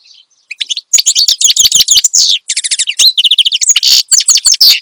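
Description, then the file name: Finch song, a dense, fast chatter of high chirps and buzzy trilled notes, nearly unbroken after a soft opening note. Finch described as singing energetically and continuously ('gacor dor'); the recording is meant for tutoring songbirds (masteran). "Suara Kicauan Burung Finch Gacor Dor Cocok Untuk Masteran"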